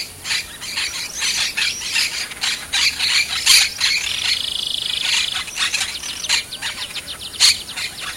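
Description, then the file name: Monk parakeet chattering: a dense, continuous run of harsh, grating squawks and screeches, rapid and irregular, with one drawn-out buzzy note in the middle. "canto de caturrita"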